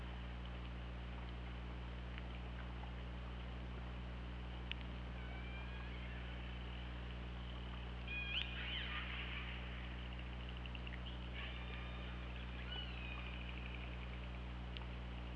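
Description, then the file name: Killer whale calls: several faint wavering, bending tonal calls, the loudest burst around midway, against constant low hum and occasional sharp clicks. Recorded on the OrcaLab hydrophone, 24 August 2017, 21:22. "Orca Lab 20170824 212231"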